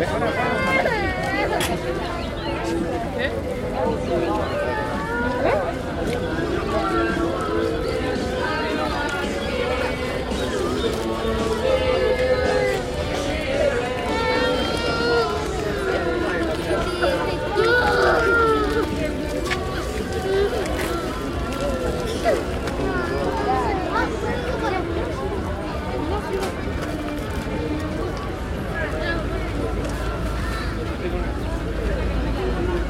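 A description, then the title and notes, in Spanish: A busy fair or market, filled with a dense, steady murmur of many voices talking at once. Occasional sharp clicks and knocks cut through the chatter, and a low rumble underlies the whole scene, growing heavier near the end. Ferias y mercados. Feria de la Ciudad ("Mercado de pulgas"). Parque Independencia; Avda. Pringles e/ Balboa y D'orbigny. 18.42hs aprox.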